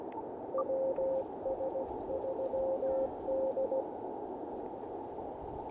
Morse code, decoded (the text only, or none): WS3D